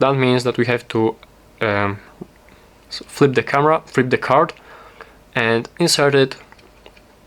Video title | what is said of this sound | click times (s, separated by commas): Tapo C120: How to Connect with Android? | just like this until you hear a click, and until you feel a click, | 6.9 s, 7.0 s